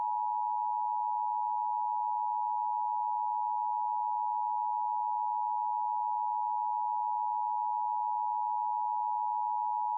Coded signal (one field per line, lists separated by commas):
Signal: Emergency Alert System (SAME) tones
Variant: 853 and 960 Hz attention tone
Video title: EAS Scenario: The Return Of My Late Grandparents